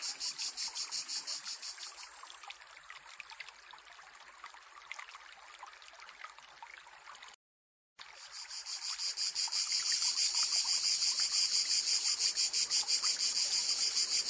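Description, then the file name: Cicada buzzing, strong at first then dropping to a softer buzz, a brief silence, then a loud pulsing high drone returns and holds steady. "chant cigale"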